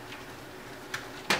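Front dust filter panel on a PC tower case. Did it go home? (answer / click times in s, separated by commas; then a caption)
released / 1.3 s. A snap-in plastic front panel dust filter on a Phanteks Enthoo Pro PC tower case is pulled from underneath and unclipped, reached with some difficulty behind a secondary power supply in front of it. A small click is heard at 0.9 s, then a louder snap at 1.3 s as the filter pops off and is released. No one talks during the clip.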